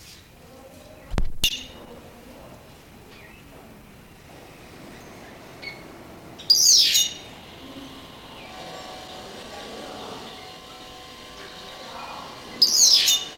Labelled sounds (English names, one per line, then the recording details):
White-headed Buffalo-Weaver
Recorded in captivity
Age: adult
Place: Zoo Berlin, Berlin, DE
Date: 1991-10-30
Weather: sonnig, 0°C
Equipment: Nagra SN, Kopie Tesla B 116
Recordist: Tembrock, Günter